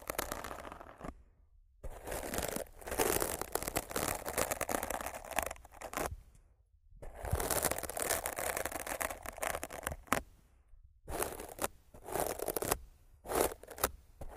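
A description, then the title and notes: Rough mic scratching and brushing in dense, crackly bursts of scraping and rubbing, broken by several sudden short silences, around 1, 6 and 10 seconds. Rough Mic Scratching & Brushing (No Talking).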